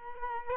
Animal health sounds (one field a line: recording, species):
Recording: mosquito wingbeat signal from an infrared sensor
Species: Culex quinquefasciatus